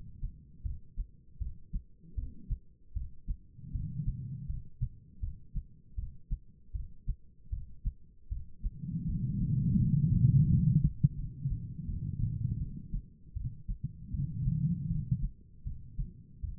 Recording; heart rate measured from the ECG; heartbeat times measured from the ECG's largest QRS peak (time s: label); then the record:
heart sounds by stethoscope; 80 bpm
0.63 s: heartbeat
1.39 s: heartbeat
2.15 s: heartbeat
2.94 s: heartbeat
3.72 s: heartbeat
4.47 s: heartbeat
5.20 s: heartbeat
5.96 s: heartbeat
6.72 s: heartbeat
7.50 s: heartbeat
8.29 s: heartbeat
9.06 s: heartbeat
9.78 s: heartbeat
10.48 s: heartbeat
11.16 s: heartbeat
11.86 s: heartbeat
12.59 s: heartbeat
13.34 s: heartbeat
14.11 s: heartbeat
14.88 s: heartbeat
15.64 s: heartbeat
16.41 s: heartbeat
From the record:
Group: healthy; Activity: rest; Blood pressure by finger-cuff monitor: 165/117 mmHg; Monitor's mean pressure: 133 mmHg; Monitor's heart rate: 79 bpm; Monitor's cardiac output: 4.4 L/min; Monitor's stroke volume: 56 mL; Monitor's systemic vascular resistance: 2240 dyn s/cm5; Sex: female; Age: 51 years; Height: 162 cm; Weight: 70.04 kg